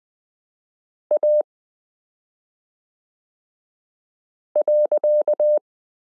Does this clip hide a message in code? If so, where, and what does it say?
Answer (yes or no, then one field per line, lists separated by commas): yes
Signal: Morse code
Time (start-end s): 1.1-5.6 s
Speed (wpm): 20 wpm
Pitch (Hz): 600 Hz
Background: none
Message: A.